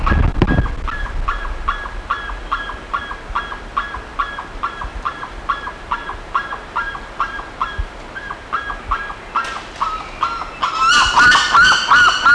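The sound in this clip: Bird giving a quick run of nasal, honking calls, about three per second and steady throughout; near the end a second, louder and harsher voice joins in.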